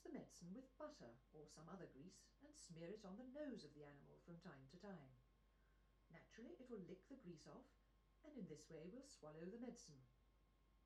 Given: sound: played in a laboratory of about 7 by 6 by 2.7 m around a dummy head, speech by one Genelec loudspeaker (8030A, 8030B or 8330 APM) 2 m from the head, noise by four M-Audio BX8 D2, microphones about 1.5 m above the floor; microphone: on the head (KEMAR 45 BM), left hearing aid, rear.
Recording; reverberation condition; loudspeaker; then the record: female speech in English; low; 60 degrees to the right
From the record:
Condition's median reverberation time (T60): about 310 ms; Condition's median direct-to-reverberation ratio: about 3.5 dB